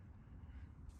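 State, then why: Not seated. A smartphone in its proprietary Peak Design case is being pressed onto a Peak Design anti-vibration motorcycle phone mount on the handlebar of a Segway GT2 scooter. Steady low rumbling handling noise is heard, with a brighter hiss near the end. Nothing has seated or clicked yet.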